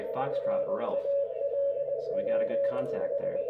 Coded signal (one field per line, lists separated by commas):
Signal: Morse code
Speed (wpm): 20 wpm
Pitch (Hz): 560 Hz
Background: speech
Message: RALPH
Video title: K0LWC Sunday Night 40M CW